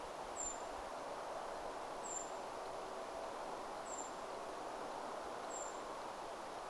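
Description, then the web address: Eurasian treecreeper repeating a thin, high, sibilant falling note at regular intervals, four times, over steady rushing background noise. Recorded 29 October 2025. "paivat 29 10 2025 ti-puukiipija"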